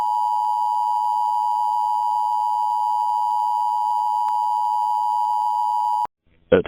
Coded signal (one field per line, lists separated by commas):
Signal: Emergency Alert System (SAME) tones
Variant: 853 and 960 Hz attention tone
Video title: Emergency Alert System: A Broadcasted Cry